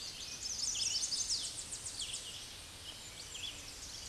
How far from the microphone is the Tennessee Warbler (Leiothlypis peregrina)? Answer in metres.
about 40 m